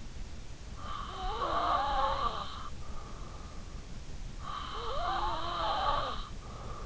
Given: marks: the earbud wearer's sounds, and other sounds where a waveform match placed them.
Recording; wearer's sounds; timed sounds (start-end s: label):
sounds in sleep by an in-ear microphone; snoring breath
0.52-3.09 s: snoring breath
4.12-6.86 s: snoring breath